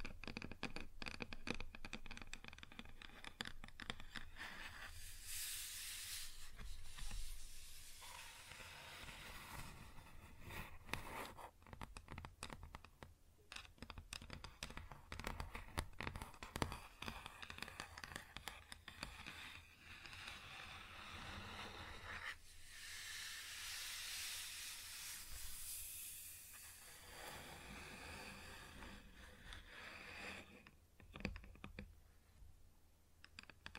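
Dense, irregular tapping and scratching on a wood surface, with hissy bright scraping swells around 5–8, 23–27 and 31–33 seconds.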